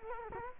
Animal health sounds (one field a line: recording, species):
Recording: mosquito wingbeat signal from an infrared sensor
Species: Culex quinquefasciatus